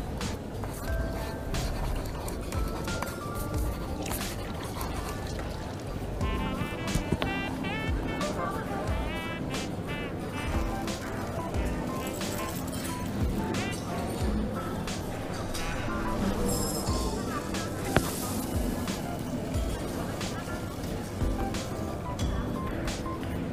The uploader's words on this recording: Coffee shop ambience. Voices. Cutlery.